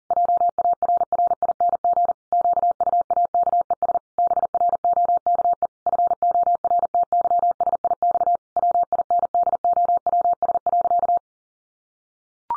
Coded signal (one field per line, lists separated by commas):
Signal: Morse code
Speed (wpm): 40 wpm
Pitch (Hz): 700 Hz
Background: none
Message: JARRING QUAKES BROKE FORTYSIX WINDOWS.